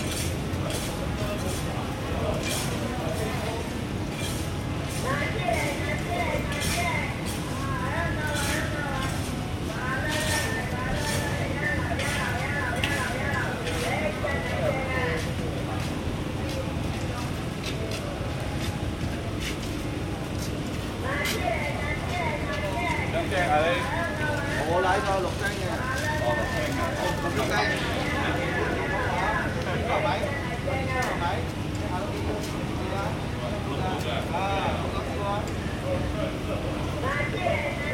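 A busy Kuala Lumpur Chinatown street holds a steady low traffic rumble under constant chatter, with louder voices and clatter surfacing throughout.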